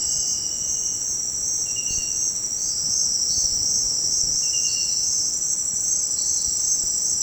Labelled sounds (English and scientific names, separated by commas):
none